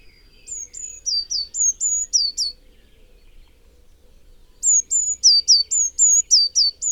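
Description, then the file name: Eurasian Blue Tit with two bursts of rapid, very high notes, alternating steady whistles and falling slurs, separated by a quiet pause of about two seconds. "Cyanistes caeruleus"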